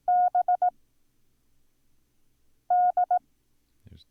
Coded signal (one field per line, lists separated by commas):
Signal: Morse code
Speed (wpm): 18 wpm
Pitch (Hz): 720 Hz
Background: none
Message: BD